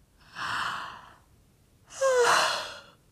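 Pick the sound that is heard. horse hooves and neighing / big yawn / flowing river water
big yawn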